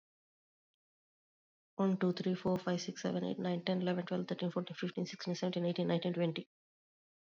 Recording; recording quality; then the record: counting at a fast pace; excellent, no background noise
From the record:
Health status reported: COVID-19 positive, moderate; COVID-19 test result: positive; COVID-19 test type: RT-PCR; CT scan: not taken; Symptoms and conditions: cough, cold, sore throat, fatigue, muscle pain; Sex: female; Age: 46 years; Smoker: no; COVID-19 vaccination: both doses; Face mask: worn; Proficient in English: yes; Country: India